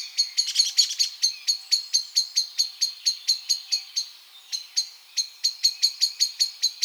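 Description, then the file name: Common blackbird repeating hard, high chink notes at a steady quick pace, a brief lull midway, then the series resumes. "Turdus merula"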